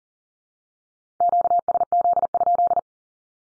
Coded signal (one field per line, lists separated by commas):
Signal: Morse code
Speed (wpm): 40 wpm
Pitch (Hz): 700 Hz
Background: none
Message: QSZ?